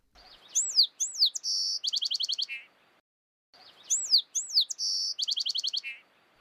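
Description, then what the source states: Song sparrow song: sliding whistled notes, then a buzzy note and a fast run of clipped chips ending in a lower buzzy note, sung twice. Song combines elements of many sparrow songs, typically opening with two to four lone, distinctive notes.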